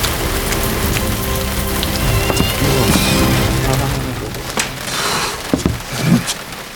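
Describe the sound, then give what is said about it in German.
Heavy rain pours down at night in a dense, steady hiss, with sharper spatters and drips breaking through the constant roar now and then. “Alle Male besser als im Regen.”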